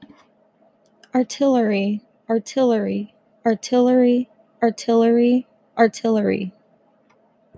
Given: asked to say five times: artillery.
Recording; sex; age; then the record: repeated word; female; 20 to 29 years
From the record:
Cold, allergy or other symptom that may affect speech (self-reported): no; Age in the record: 25 years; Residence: Washington, United States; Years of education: 17